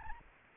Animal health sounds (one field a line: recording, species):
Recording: mosquito wingbeat signal from an infrared sensor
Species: Anopheles arabiensis